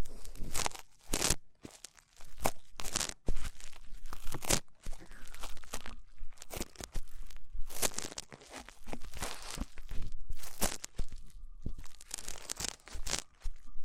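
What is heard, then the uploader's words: Rough ear cleaning: dense, irregular scratchy crackles and rubbing bursts throughout, with brief silent gaps and a faint whistling tone midway. ASMR Rough Ear Cleaning (No Talking).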